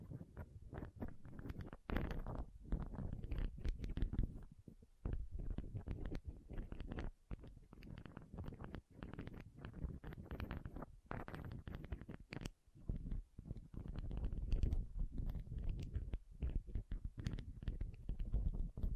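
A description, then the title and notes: Pom poms are rubbed and squished in dense, continuous low rustling full of quick crackles, pausing briefly near five and twelve seconds. ASMR Ultimate Pom Pom Tingles (No Talking).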